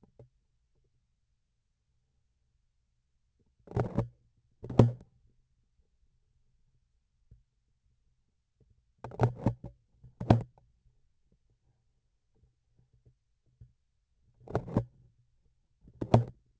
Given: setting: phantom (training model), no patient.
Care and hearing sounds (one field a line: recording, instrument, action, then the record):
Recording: laparoscopic instrument, vibration sensor on the handle end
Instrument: grasping forceps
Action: opening and closing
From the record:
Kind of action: tool actuation without material contact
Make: other than Olympus